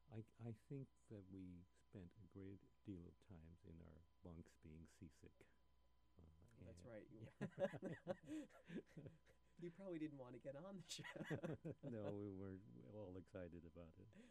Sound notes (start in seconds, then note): 7.2 both laughing; 10.9 both continuing to laugh